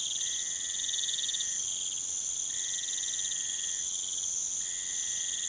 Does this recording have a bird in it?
no